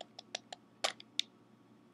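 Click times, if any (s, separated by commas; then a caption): 0.8 s, 1.2 s. A resin ball-jointed doll's head cap, held on by a click-in key mechanism, is gripped and pulled from the bottom up until it pops off the head. Light ticks and scrapes come first, then sharp clicks at 0.9 s and 1.2 s as the cap releases.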